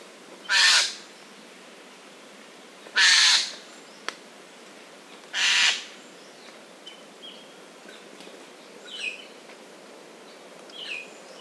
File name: Garrulus glandarius